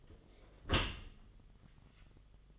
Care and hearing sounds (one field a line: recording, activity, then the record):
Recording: daily activity, microphone in the room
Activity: close dishwasher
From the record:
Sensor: 4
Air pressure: 1005.5 hPa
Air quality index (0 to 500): 112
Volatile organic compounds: 3 ppm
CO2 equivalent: 1398 ppm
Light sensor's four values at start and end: 11/25/10/9 and 11/25/10/10